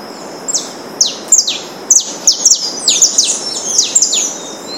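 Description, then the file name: Saffron finch song: a rapid run of sharp, high, downslurred chirps, some doubled, pouring out continuously over a faint steady hiss. Recorded in Itatiaia National Park, Rio de Janeiro state, Brazil. "Sicalis-flaveola-PNItatiaia RJ-BR-9-1-14-ASilveira"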